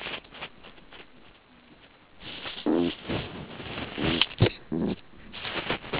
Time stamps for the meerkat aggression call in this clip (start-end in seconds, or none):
2.66-2.94, 3.98-4.22, 4.71-4.95